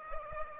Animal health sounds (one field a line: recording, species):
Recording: mosquito wingbeat signal from an infrared sensor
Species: Aedes aegypti